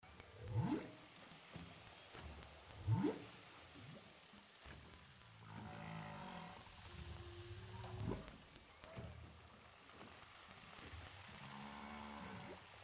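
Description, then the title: Humpback whale sounds: two sharp rising whoops early on, then buzzy pulsed rasps, a short steady tone and another upsweep, over constant hissing water noise. Humpback whales recorded underwater with a DPA hydrophone off Saint-Paul, Réunion. "Whales sound by hydrophophone DPA saint paul, ile de la reunion"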